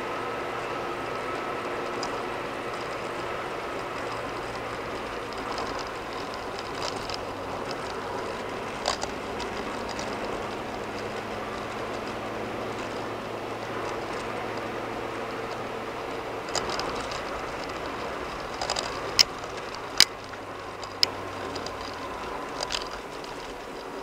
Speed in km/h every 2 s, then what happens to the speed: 93, 92, 85, 77, 79, 82, 87, 89, 85, 81, 76, 69.
3-6 brakes to 77. 6-15 speeds up to 89. 15-24 slows to 69.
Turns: none.